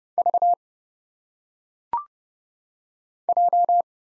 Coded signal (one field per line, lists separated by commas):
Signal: Morse code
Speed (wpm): 30 wpm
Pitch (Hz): 700 Hz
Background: none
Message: V J